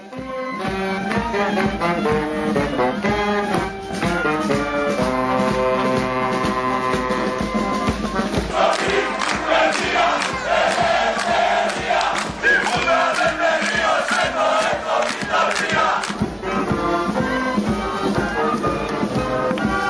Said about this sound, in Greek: Και αυτή είναι η μπάντα του Δήμου της Πάτρας, στην παρέλαση που το γύρισε. Είπε το σώπα που να είναι, θα σημάνουν οι καμπάνες, ενώ φώναζε ο κόσμος συνθήματα και χειροκροτούσαν όλοι δίπλα.